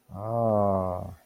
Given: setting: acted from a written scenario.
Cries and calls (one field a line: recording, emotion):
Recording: vocal sound without words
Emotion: awe